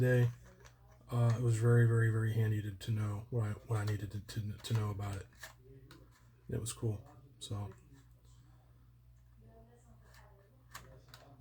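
Someone talks while handling a plastic gimbal protector and lining it up on the camera gimbal of a DJI Mavic 2 Pro drone. After the talking, only light handling noises follow, with faint taps near 5.9, 10.1 and 11.1 seconds. The protector has not clicked or seated yet.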